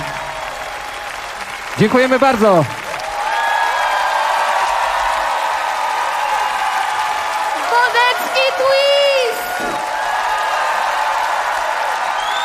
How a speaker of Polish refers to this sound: Wielkie, wielkie brawa.